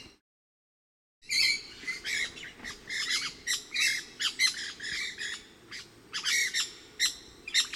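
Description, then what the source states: Pyrrhura parakeets in a flock, a brief silence then a long run of rasping, squawky notes from several birds, overlapping. Resident flock of about 8 birds, about 30 m away, 20-25 m up in trees in a station clearing, around 12:20 p.m., partly cloudy and hot.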